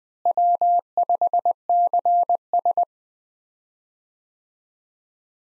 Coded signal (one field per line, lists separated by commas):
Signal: Morse code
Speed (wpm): 21 wpm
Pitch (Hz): 700 Hz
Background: none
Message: W5CS